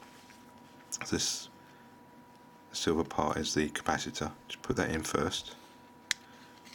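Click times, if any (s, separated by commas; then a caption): 6.1 s. Someone talks while the camera flash module of a Nokia N8 is fitted into its plastic seat in the phone's rear case, after the silver capacitor is put in first. The module is pushed down and clicks into place with one sharp, loud tick at 6.1 s, and it is seated.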